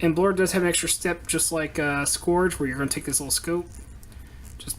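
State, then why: Not seated. Someone talks while pulling up the small plastic scope piece on the head/back of a Transformers Titans Return Deluxe Class Blurr action figure, followed by a few faint plastic ticks and scrapes near the end. The scope has not clicked into place; it has no set position and does not stay put, unlike the similar Scourge figure.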